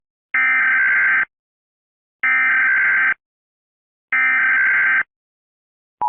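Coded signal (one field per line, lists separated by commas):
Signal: Emergency Alert System (SAME) tones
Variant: header bursts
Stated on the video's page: Fake EAS scenario made for pranks, not a real alert.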